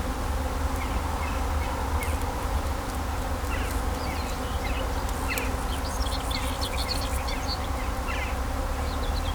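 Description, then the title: Bees buzzing in a continuous low hum, with scattered bird chirps and traffic rumbling underneath. Bees in vineyards at Kallstadt, Germany, in rural countryside, with birds singing and road traffic sounds. "In Kallstadt summen die Bienen"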